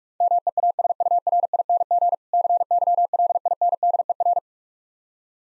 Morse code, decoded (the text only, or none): MEASURING CYLINDER